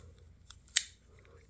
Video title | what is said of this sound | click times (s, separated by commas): Cleaning Up This Vintage Hammer Brand Camp Knife! @RJsKnives | that had a little snap | 0.8 s